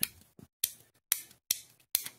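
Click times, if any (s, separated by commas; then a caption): 0.6 s, 1.1 s, 1.5 s, 2.0 s. A lock stabilizer on a frame-lock folding knife, the part that keeps the lock arm from being pushed out of the way, is pulled back and released several times in a row. It snaps back into its detent with sharp, bright clicks at 0.6, 1.1, 1.5 and 2.0 seconds, a good detent. Smaller ticks come between the snaps.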